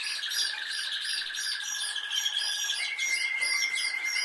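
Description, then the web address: Canary song: sustained rolling trills held on a steady pitch, with a brighter, higher trill switching in near the end. "Canari Seda Canari"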